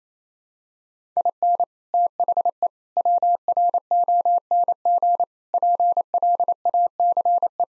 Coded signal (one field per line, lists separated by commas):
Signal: Morse code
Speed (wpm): 28 wpm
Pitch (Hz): 700 Hz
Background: none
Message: IN THE WRONG PLACE